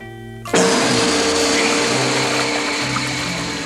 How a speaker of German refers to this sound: Das ist die blaue Elise, das Erdferkel mit Staubsauger im Rüssel. Natürlich eine Cartoon-Figur aus dem rosaroten Panther-Zeichentrick-Universum.